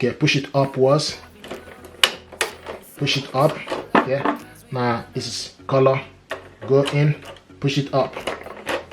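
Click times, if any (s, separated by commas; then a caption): none. Someone talks while a color ink cartridge is pushed up into the carriage slot of an HP DeskJet inkjet printer (3700, 3722, 3755, 2755e or 2600 series), with brief sharp knocks around 2.0 and 2.4 seconds. The clip ends before the cartridge goes home, so nothing has seated or clicked yet.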